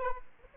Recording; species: mosquito wingbeat signal from an infrared sensor; Aedes aegypti